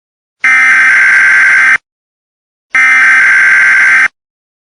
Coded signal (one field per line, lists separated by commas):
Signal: Emergency Alert System (SAME) tones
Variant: header bursts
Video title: TAF Crossover fanfic EAS Scenario EP 1 (Read Description)